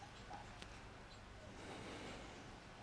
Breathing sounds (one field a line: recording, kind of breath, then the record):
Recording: one breath in and out by a microphone near the nose and mouth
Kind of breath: deep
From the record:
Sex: male